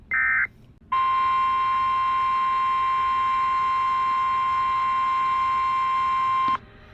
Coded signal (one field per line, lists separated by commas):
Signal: Emergency Alert System (SAME) tones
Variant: 1050 Hz attention tone